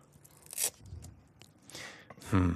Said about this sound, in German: Kannst du mal auch so einen Reißverschluss, also einen Klettverschluss auseinander machen? Genau, wir müssen jetzt noch diese Klettverschlüsse anbringen.